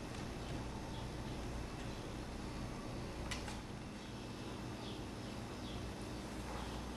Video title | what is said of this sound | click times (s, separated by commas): Laptop Screen Replacement/How to replace laptop screen for HP Pavilion DV6-7010US | hook that place rocket forward snaps in place | 3.3 s